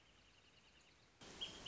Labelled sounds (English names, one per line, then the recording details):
Wrentit
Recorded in Sonoma County, California